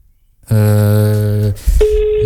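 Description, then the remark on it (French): A loud, buzzy telephone ringback tone of an outgoing call placed during a live radio broadcast holds steady for about a second, stops briefly, then a thinner, higher tone starts and continues to the end. “Allez, la sonnerie peut-être malade encore une fois.”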